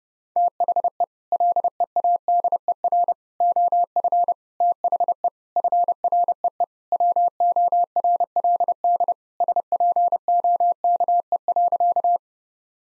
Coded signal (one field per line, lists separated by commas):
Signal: Morse code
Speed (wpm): 32 wpm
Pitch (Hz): 700 Hz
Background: none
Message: THE LEADER OF THE FREE WORLD SPOKE.